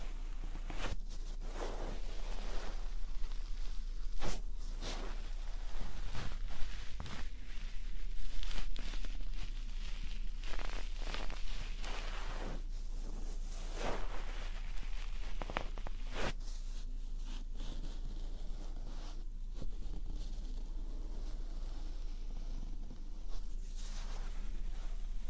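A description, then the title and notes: Close ear brushing and tapping, with bursts of soft scratchy rustling arriving every second or so at an uneven rhythm, some sharper and brighter than others. A steady low hum runs underneath the whole time, and the quieter gaps carry a faint hiss. Ear brushing. Ear tapping. Ear touching.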